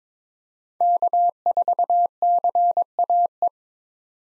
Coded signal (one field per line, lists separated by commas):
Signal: Morse code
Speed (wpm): 22 wpm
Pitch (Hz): 700 Hz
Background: none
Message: K4CAE